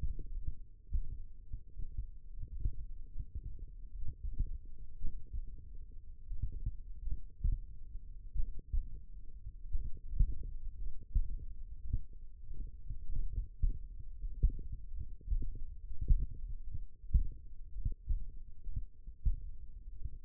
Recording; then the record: forearm muscle sounds (acoustic myography)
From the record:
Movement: finger pinch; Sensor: system 1, eight BSWA MPA416 microphones around the upper forearm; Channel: 3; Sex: male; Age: 23 years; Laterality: right